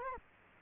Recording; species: mosquito wingbeat signal from an infrared sensor; Culex quinquefasciatus